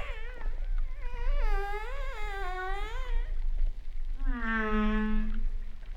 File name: humpback whale sound